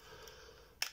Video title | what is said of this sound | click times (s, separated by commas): Making a Nintendo Gameboy macro 2020 | feel it clip, you'll feel it click as the clips undo, then obviously | 0.8 s